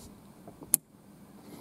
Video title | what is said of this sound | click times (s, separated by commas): Replace inline and fuel rail fuel filters on the Mercury ProXS 115. | Now listen for the click and watch. | 0.7 s